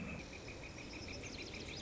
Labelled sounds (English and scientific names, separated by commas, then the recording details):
Northern Flicker (Colaptes auratus)
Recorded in Sonoma County, California